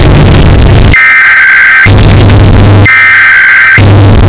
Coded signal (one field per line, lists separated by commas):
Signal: Emergency Alert System (SAME) tones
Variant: header bursts